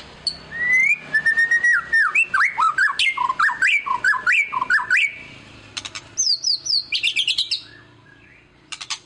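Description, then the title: White-rumped shama song: a rising whistle, then fast runs of loud bouncing whistled notes and sharp clicks, ending with high chattering bursts. Lure song of an actively singing ('gacor') murai batu, played to make other birds respond. "PANCINGAN MURAI BATU GACOR, LANGSUNG RESPON"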